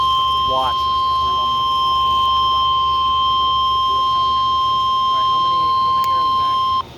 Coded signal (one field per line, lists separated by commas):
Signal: Emergency Alert System (SAME) tones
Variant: 1050 Hz attention tone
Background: speech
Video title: Severe Thunderstorm Watch #391 (6/26/23)(EAS #1,164)